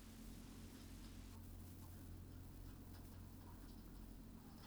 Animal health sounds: poultry house recording; healthy chickens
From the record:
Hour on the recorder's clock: 21

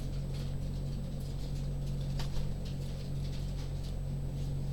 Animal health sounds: poultry house recording; no chicken sound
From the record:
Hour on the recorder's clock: 20

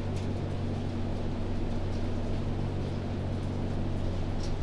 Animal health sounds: poultry house recording; no chicken sound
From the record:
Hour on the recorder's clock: 0

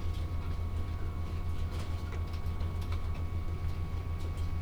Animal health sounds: poultry house recording; no chicken sound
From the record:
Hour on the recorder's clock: 11

